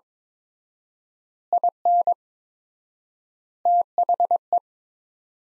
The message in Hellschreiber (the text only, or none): none